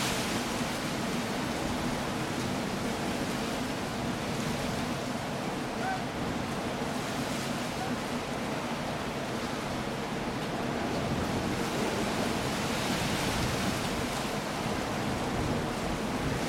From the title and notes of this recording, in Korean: 해안 폭풍우 수면 음향 효과. 영국 남서부 해안의 울퉁불퉁한 해안선으로 데려갈 것입니다 (정확히는 콘월 지역입니다).